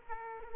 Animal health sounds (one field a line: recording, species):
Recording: mosquito wingbeat signal from an infrared sensor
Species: Aedes aegypti